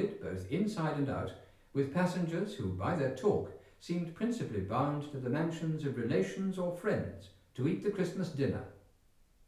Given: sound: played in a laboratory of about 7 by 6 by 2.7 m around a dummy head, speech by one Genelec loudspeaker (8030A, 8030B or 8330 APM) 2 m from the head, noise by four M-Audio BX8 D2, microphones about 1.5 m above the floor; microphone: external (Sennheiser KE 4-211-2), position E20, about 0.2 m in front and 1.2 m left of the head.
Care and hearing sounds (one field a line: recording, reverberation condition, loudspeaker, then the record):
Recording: male speech in English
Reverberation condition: medium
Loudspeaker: 120 degrees to the right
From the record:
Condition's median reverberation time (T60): about 510 ms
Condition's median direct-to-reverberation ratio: about -0.5 dB